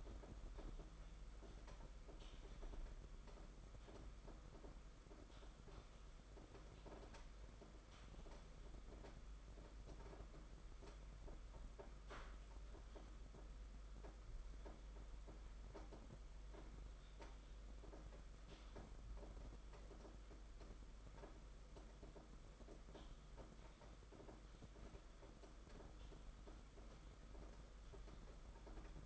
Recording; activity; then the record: daily activity, microphone in the room; typing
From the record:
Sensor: 5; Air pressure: 991.9 hPa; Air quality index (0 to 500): 164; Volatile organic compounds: 377 ppm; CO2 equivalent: 4632 ppm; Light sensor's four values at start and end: 31/107/40/42 and 31/107/40/42